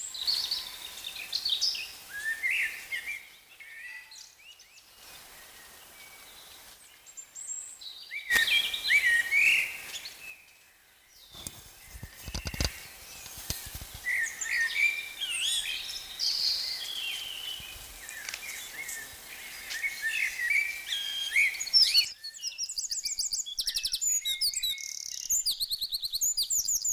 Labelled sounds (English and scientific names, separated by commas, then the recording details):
Eurasian Wren (Troglodytes troglodytes) song
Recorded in the wild
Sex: male
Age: adult
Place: Lübars (Fließtal), Berlin, DE
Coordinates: 52.6167, 13.35
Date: 1999-04-10 17:36
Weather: overcast, 16°C
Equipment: Sony MD-WM MZ-R3, Sennheiser MKH 416 T, Kopie Uher 4000 Report Monitor
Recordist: Tembrock, Günter